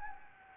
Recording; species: mosquito wingbeat signal from an infrared sensor; Anopheles gambiae